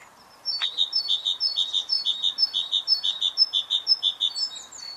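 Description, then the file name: Great tit delivering a steady string of several bright two-note phrases, evenly paced, with thin higher notes near the end. "Parus major"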